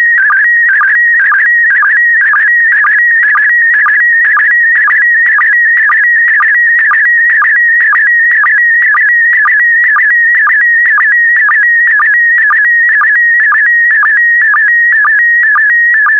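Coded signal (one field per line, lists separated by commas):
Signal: SSTV (slow-scan television)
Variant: PD120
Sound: steady warbling tone near 2 kHz with rhythmic short low chirps, twice per second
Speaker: five four three two one i it so it so transmission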